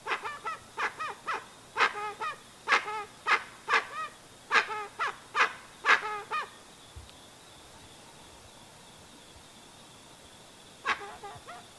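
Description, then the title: Dusky-legged guan giving a quick series of honking calls for about six seconds, then quiet with insect whine and one final honk. Singing; used as a sound to call the bird in. "Pavanegra. Pava de Monte o Pava Oscura Cantando Sonido para Llamar"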